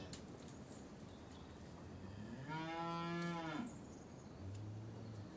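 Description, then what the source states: Cattle: cow lowing, one rich harmonic moo of over a second, then a deep low grunt, over steady background noise. At a cattle crush.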